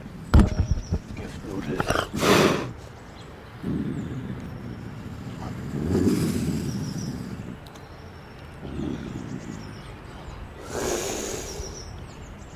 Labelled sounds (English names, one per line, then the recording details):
Eurasian Lynx
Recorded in captivity
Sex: male
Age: adult
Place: Tierpark Görlitz, Sachsen, DE
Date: 1988-02-24
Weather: overcast, ca. 0°C
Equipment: Nagra SN
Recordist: Tembrock, Günter
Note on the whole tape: Männchen: gegen Beobachter gerichtetes Knurrfauchen mit Vorstoßen